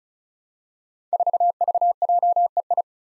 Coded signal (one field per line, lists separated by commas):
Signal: Morse code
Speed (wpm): 36 wpm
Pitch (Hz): 700 Hz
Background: none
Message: 4VJEI